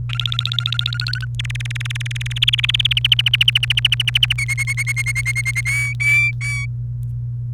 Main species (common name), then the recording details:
Domestic Canary. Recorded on 29 April 2018 at 12:59. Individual llb3